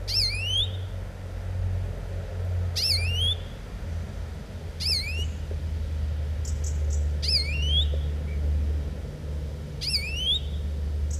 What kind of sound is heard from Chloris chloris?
call